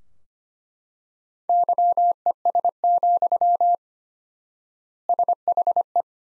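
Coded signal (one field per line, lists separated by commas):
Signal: Morse code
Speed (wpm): 25 wpm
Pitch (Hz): 700 Hz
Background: none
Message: YES, SHE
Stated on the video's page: Morse practice sentences from the top 500 words at 25 wpm with 4x standard word spacing, a Farnsworth-like method applied to words.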